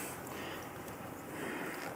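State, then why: Not seated. A plastic wiring-harness splitter connector, with two female ends and one male end, is being handled at the motorcycle's accessory harness plug under the seat. Only steady, broadband background noise is heard, with no distinct sudden sounds. Nothing has seated or clicked yet.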